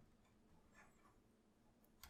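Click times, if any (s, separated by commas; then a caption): 2.0 s. A small plastic toy gun is pushed into the left gun-holding hand of a Nendoroid Optimus Prime (G1 version) figure. Faint, soft ticks of handling come before the gun seats with a short, sharp click at 2.0 seconds.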